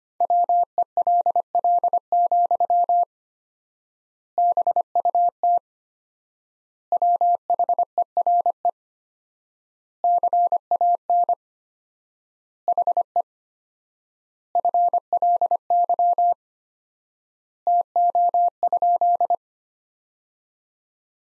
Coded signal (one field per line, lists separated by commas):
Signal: Morse code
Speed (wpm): 25 wpm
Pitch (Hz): 700 Hz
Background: none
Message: WELL, BUT WHERE CAN HE FLY TO?